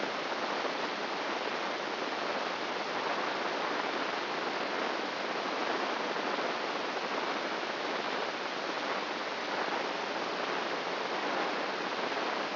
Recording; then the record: brain microelectrode recording played as sound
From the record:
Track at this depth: outside the subthalamic nucleus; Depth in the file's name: 8.628 mm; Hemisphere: left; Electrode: 3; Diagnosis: Parkinson's disease